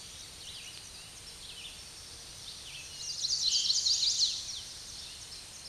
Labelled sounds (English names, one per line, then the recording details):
Chestnut-sided Warbler song
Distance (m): 5 m
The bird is about 5 m above the microphone
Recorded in a Pennsylvania forest on 16 May 2024 at 06:07
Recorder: AudioMoth, point MSD-2494
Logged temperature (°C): 15.6 °C
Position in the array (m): 181 m, 173 m